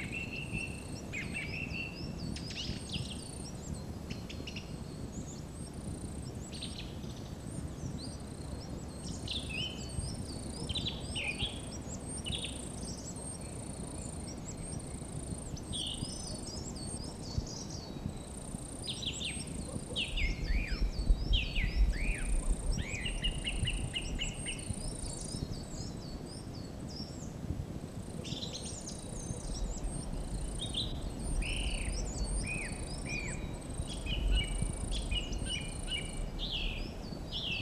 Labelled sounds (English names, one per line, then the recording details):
Song Thrush song
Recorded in the wild
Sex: male
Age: adult
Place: Mirnock, Kärnten, AT
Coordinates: 46.75, 13.73
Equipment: Hornyphon, Phillips Mikrofon
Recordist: Brunner, Thomas
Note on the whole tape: Frühjahr 1967, in der Nähe der Natzelhütte aufgenommen